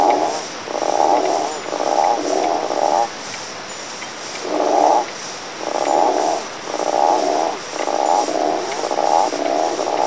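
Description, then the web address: Frog giving a series of several grating, buzzy croaks with one longer pause, against constant background hiss. "Frosch"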